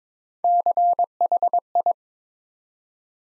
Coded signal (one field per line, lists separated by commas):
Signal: Morse code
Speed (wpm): 22 wpm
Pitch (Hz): 700 Hz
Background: none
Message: CHI